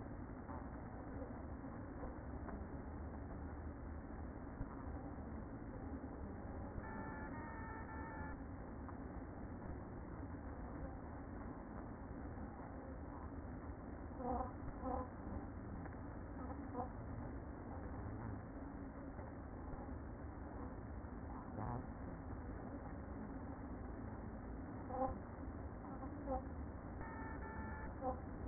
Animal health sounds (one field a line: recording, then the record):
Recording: honeybee colony, microphone inside the hive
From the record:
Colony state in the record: queen present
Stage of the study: after two queens were removed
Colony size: about 60,000 bees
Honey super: yes